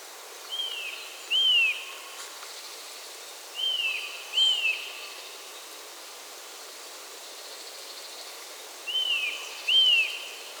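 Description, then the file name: Eurasian nuthatch calls: high, clear whistles given in three pairs, each pair a few seconds apart, over a steady soft hiss. "Sitta europaea"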